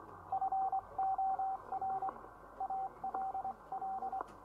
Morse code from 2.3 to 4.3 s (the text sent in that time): ALL